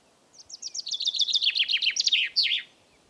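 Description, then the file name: Common chaffinch song: a bright, rattling series of many quick descending notes, closing with a sharp flourish. "Fringilla coelebs"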